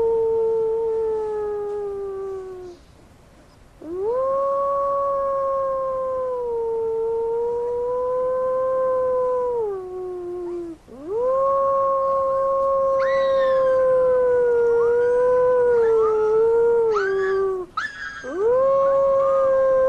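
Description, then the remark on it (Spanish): Young wolf pups being taught to howl howl like adults but higher-pitched due to their size, in long, sustained tones, several voices overlapping and wavering, with brief breaks between the drawn-out howls and no talking. “Los pequeños lobos aullan de la misma manera que los adultos. Debido a su tamaño, sus aullidos son en un tono más alto.”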